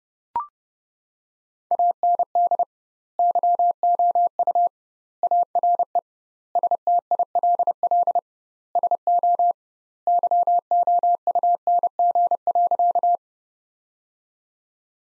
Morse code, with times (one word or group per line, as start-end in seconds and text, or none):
1.7-2.6 AND
3.2-4.7 YOU
5.2-6.0 ARE
6.6-8.2 STILL
8.8-9.5 SO
10.1-13.2 YOUNG.